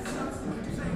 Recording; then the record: background sound without coughing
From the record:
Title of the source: 60 minutes of coffee shop sounds for study and concentration